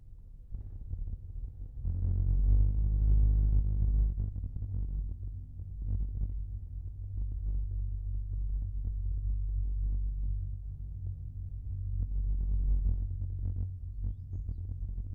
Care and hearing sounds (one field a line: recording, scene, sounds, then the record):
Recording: everyday scene through a hearing-aid microphone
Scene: in a vehicle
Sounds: engine, rumble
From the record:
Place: Skoda Fabia, gasoline engine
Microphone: behind the ear, left, rear